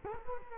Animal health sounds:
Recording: mosquito wingbeat signal from an infrared sensor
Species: Culex quinquefasciatus

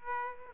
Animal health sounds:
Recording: mosquito wingbeat signal from an infrared sensor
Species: Aedes aegypti

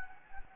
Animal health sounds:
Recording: mosquito wingbeat signal from an infrared sensor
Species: Anopheles gambiae

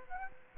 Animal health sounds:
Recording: mosquito wingbeat signal from an infrared sensor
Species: Aedes aegypti

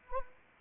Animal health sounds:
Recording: mosquito wingbeat signal from an infrared sensor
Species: Anopheles arabiensis

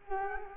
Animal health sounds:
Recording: mosquito wingbeat signal from an infrared sensor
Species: Culex quinquefasciatus

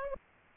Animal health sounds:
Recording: mosquito wingbeat signal from an infrared sensor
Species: Culex pipiens

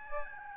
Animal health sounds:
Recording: mosquito wingbeat signal from an infrared sensor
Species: Aedes albopictus

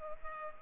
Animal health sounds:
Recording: mosquito wingbeat signal from an infrared sensor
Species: Culex pipiens

